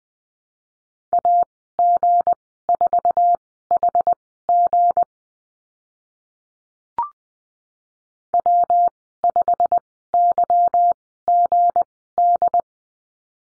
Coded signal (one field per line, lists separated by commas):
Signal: Morse code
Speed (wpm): 20 wpm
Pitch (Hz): 700 Hz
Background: none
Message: AG4HG W5YGD